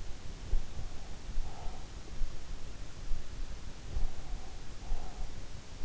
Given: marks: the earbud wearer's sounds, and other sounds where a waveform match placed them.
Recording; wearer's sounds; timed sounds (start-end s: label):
sounds in sleep by an in-ear microphone; breath
0.57-2.57 s: breath
3.74-5.52 s: breath